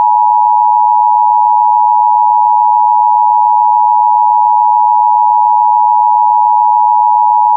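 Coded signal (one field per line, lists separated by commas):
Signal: Emergency Alert System (SAME) tones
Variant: 853 and 960 Hz attention tone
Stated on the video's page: Required monthly EAS test as carried on Cox cable.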